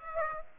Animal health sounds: mosquito wingbeat signal from an infrared sensor; Aedes aegypti

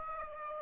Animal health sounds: mosquito wingbeat signal from an infrared sensor; Aedes aegypti

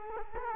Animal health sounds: mosquito wingbeat signal from an infrared sensor; Culex quinquefasciatus

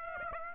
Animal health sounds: mosquito wingbeat signal from an infrared sensor; Aedes aegypti

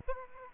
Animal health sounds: mosquito wingbeat signal from an infrared sensor; Aedes aegypti

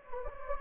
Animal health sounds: mosquito wingbeat signal from an infrared sensor; Anopheles gambiae

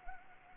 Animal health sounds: mosquito wingbeat signal from an infrared sensor; Anopheles arabiensis

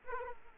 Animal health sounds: mosquito wingbeat signal from an infrared sensor; Aedes aegypti

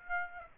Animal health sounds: mosquito wingbeat signal from an infrared sensor; Aedes aegypti

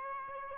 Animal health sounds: mosquito wingbeat signal from an infrared sensor; Aedes albopictus

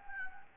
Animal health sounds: mosquito wingbeat signal from an infrared sensor; Anopheles gambiae

